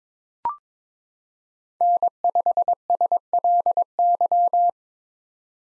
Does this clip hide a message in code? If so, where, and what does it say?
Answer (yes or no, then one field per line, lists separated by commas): yes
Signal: Morse code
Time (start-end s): 1.8-4.7 s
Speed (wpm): 21 wpm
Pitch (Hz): 700 Hz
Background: none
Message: N5SLY